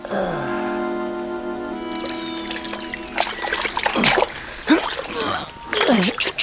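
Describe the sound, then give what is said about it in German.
Waves slosh and splash at the water's edge in irregular, noisy bursts, following a short opening of steady tonal humming that fades as the water sounds take over. “Auf dem Abhang mit dem Hinterkopf im Wasser. Und lass dich von den Wellen in den Schlaf lullen.”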